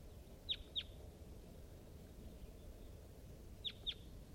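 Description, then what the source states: Crossbill calls: two pairs of sharp, high chip notes, one pair near the start and another about three seconds later, over steady low background rumble. Wild bird calling from close range near a net site on top of a hill, around 9:35 a.m.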